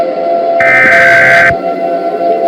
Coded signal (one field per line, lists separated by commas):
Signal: Emergency Alert System (SAME) tones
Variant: header bursts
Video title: EAS Scenario: The Roblox Slender Outbreak (Labor Day Special)